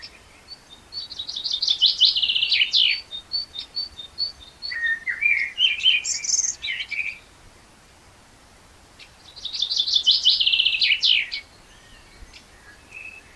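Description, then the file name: Common blackbird song: two bursts of high, rapid chattering twitter with lower warbled notes between them, separated by a few seconds of quiet. "Turdus merula"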